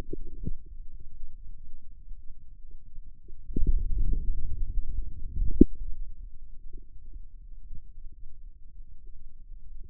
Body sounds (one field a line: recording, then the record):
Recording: forearm muscle sounds (acoustic myography)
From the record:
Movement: outward rotation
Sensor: system 2, bracelet of six BSWA MPA416 microphones around the upper forearm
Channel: 3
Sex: male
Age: 22 years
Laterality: right